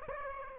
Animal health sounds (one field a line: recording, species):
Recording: mosquito wingbeat signal from an infrared sensor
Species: Aedes aegypti